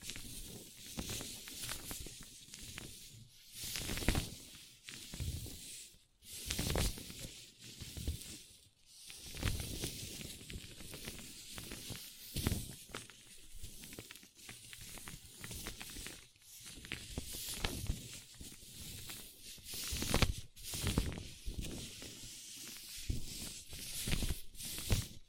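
A paper cup is handled and rubbed, giving a steady run of crinkly, hissing scratches with bright crisp highs and soft low thumps. The texture stays dense throughout, with louder crackling bursts every few seconds, notably near 3, 6, 9 and 20 seconds.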